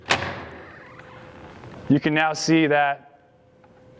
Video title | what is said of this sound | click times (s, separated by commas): How to Adjust an Attack Binding | and as i lock my boot in | 0.1 s